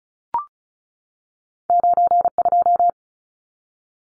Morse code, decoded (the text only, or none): 92